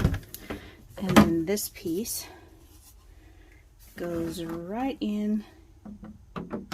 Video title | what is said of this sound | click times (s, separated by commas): #14 Skull Tumbler Resiners Tumbler Curing Machine Cure Resin FAST! 30 Pours in 30 Days | it does have little snap things so that it clicks | 0.3 s